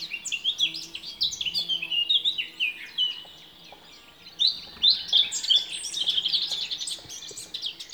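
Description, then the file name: Eurasian blackcap song: bursts of fast, scratchy high warbling, a brief quieter pause midway, then another lively run of varied twittering notes. "Sylvia atricapilla"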